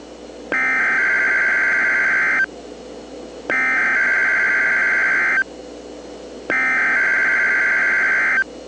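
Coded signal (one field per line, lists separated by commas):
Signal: Emergency Alert System (SAME) tones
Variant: header bursts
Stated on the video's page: Recording of a New Hampshire monthly test; some monthly tests originate from the National Weather Service in Gray, Maine.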